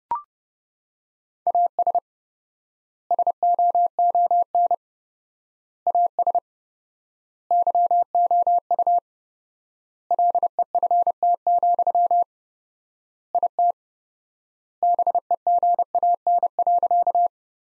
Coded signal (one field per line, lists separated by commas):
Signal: Morse code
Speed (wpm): 30 wpm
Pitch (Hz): 700 Hz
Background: none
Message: AS SOON AS YOU LEFT, IT BEGAN.